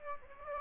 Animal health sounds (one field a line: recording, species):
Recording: mosquito wingbeat signal from an infrared sensor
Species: Aedes aegypti